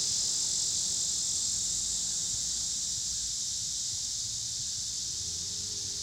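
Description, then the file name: Dense, unbroken high cicada buzzing with a faint low rumble of traffic. Pittsburgh, Pennsylvania; 26 August 2023; recorded alongside car traffic. "cicadas and cars Pittsburgh PA"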